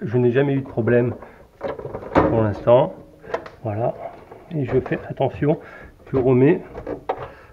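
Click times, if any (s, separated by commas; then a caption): 7.1 s. Someone talks while carefully refitting the plastic cover onto the enclosure of a DIY power-monitoring electronics module and pressing it closed. A sharp click at 7.1 s marks the cover clipping shut, and it is seated.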